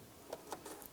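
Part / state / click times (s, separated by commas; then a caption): electrical connector and its locking tab on a mass air flow sensor / not seated / none. The electrical connector of the mass air flow sensor on a 2005–2007 Ford Five Hundred is handled while it is pushed on, before its red plastic locking tab is pushed down and in to lock it. Faint, brief handling taps stand out near 0.3, 0.5 and 0.8 seconds over a quiet background. Nothing has seated or clicked yet.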